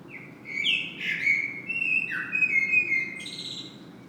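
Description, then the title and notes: Common blackbird delivering one loud, rich fluted phrase with sliding notes, finishing in a thin squeaky twitter, over faint low background noise. Blackbird singing at Saint-Gilles, Belgium; Sony PCM-M10 internal microphone. "Saint-Gilles, Belgique - Blackbird singing. Le merle chante. Sony PCM-M10 internal microphone"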